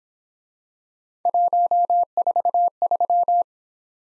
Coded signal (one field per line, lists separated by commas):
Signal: Morse code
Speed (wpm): 26 wpm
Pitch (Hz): 700 Hz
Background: none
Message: 143